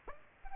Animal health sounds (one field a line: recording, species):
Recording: mosquito wingbeat signal from an infrared sensor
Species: Aedes aegypti